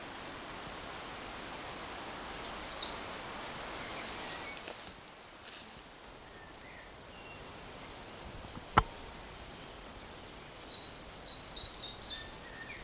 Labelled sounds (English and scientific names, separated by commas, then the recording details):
Red-breasted Flycatcher (Ficedula parva)
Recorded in the wild
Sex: male
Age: adult
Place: Mühlenbeck, Brandenburg, DE
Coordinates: 52.667, 13.37
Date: 1992-06-08 12:50
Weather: sonnig (heiter) 21-22°C, böiger Wind
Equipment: Nagra SN, Mikrofon AKG CK 8, Kopie Tesla B 116
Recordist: Tembrock, Günter